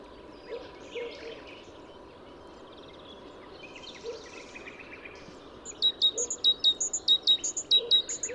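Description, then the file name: Great tit calls: soft scattered chirps at first, then a quick regular run of sharp, high metallic notes repeated several times a second toward the end. "Parus major"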